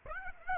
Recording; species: mosquito wingbeat signal from an infrared sensor; Aedes aegypti